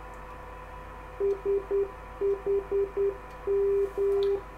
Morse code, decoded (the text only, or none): SHM